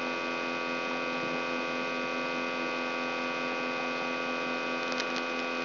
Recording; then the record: brain microelectrode recording played as sound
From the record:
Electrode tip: outside the subthalamic nucleus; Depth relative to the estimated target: 3 mm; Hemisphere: left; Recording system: AlphaMap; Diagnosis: Parkinson's disease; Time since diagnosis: 17 years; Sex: male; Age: 64 years